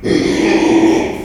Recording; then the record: squeal of a Yucatan mini pig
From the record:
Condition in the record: after surgery on the right vocal fold (resection and tissue-engineered implant); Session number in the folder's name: 2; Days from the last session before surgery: 13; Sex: male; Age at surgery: 12 weeks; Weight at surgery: 13 kg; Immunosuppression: cyclosporine, prednisolone